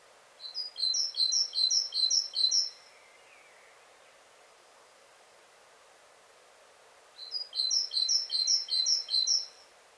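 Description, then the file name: Great tit calls in two rapid bursts of high, repeated chipping notes, each about two seconds, separated by a quiet gap of several seconds. "Parus major"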